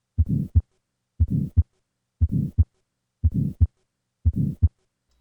This systolic ejection murmur, which is heard at the third left intercostal space, is typical of right ventricular outflow obstruction that occurs in tetralogy of Fallot.